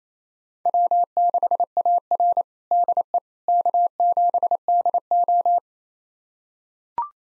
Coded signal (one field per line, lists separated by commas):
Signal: Morse code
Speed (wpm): 28 wpm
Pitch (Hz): 700 Hz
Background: none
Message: W6AR DE K7DO